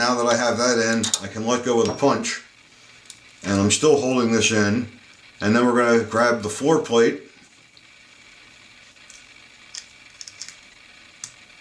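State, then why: Not seated. Someone talks while handling a Ruger MKIV pistol magazine, then grabs the floor plate and lines it up to slide it back onto the magazine body. After the talking stops, a few small, sharp handling ticks follow near 9.8, 10.2–10.5 and 11.2 seconds. The floor plate has not seated or clicked yet.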